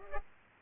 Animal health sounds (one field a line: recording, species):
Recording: mosquito wingbeat signal from an infrared sensor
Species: Culex pipiens